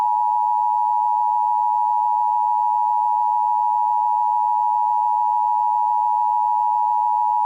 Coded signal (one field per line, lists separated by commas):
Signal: Emergency Alert System (SAME) tones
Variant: 853 and 960 Hz attention tone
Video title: EAS #1156-1157: 2 EAS Required Monthly Tests- Mar. 5, 2026- 10:14AM PST